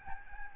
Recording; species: mosquito wingbeat signal from an infrared sensor; Aedes albopictus